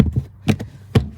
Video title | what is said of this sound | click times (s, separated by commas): Smelly Tesla Air Conditioning? Here's The Fix! | and you can hear the snapping | 0.5 s, 1.0 s